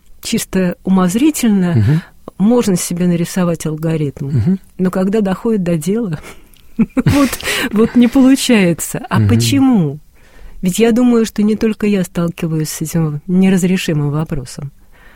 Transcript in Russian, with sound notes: чисто умозрительно можно себе нарисовать алгоритм, но когда доходит до дела... (смеется) ...вот не получается! А почему? Ведь я думаю, что не только я сталкиваюсь с этим неразрешимым вопросом.